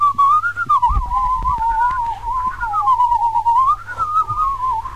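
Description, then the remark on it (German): A steady whistled melody wavers and glides in pitch for several seconds, with a fainter, higher tone running alongside it as a second part. A low hum and a few soft thumps sit underneath. “Ja, dann kann man nämlich zweistimmig pfeifen.”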